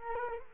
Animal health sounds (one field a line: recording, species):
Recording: mosquito wingbeat signal from an infrared sensor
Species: Culex quinquefasciatus